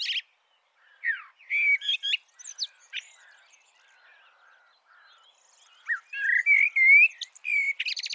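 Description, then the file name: Eurasian blackbird song: phrases of loud fluty warbles mixed with thin, high, squeaky notes, a quiet gap, then more rich whistled phrases. "Turdus merula"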